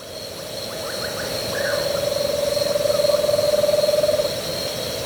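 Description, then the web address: Bird giving a low, even, rapidly pulsed trill held for about two and a half seconds, with a few faint higher chirps before it and a steady high hum throughout. Ecuador, South America. "Birds of Ecuador"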